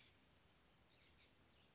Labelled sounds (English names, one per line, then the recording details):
Chestnut-backed Chickadee
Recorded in Sonoma County, California